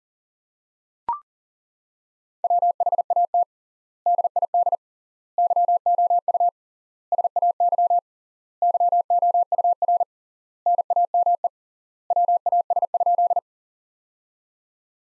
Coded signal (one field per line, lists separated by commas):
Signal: Morse code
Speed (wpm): 40 wpm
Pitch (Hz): 700 Hz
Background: none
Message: WHAT DID YOU SAY YOUR NAME WAS?